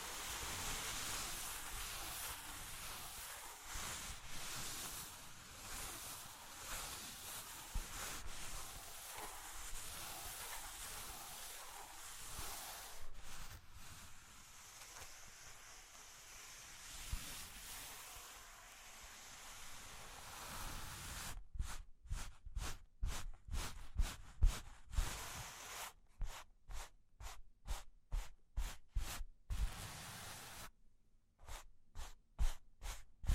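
Steady, dense scratching and tracing on cork and wood fills the first twenty seconds, then gives way to sharp, rapid tapping bursts separated by brief silences.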